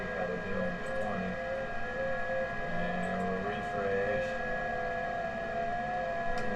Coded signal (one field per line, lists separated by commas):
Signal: FT8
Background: speech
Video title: Saturday Night #ft8 #qrp #hamradio